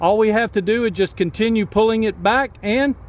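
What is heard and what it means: A satellite antenna is pulled back along a mobility mount adapter while someone talks throughout. The clip ends before the antenna goes home, and nothing has seated or clicked yet.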